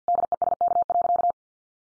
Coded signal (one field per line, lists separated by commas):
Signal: Morse code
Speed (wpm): 50 wpm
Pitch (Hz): 700 Hz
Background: none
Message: DESK.